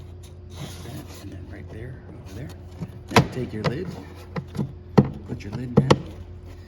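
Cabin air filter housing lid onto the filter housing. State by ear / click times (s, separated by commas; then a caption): not seated / none. On a 2008-2022 Dodge Challenger, the plastic cabin air filter housing lid is handled and lowered onto the filter housing after a new cabin air filter has been slid in, while someone talks. Several short, sharp handling knocks are heard over a low steady hum, the loudest near 5.0 s. The lid has not snapped shut or seated yet.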